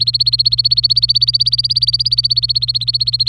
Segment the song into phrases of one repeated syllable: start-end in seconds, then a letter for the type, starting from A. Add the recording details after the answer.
0.00-3.28 A. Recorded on 25 April 2018 at 16:58. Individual llb3